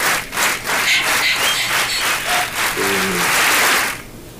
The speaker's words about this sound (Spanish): Ahora que no está el operador, puedo aplaudir a Troche y Moche.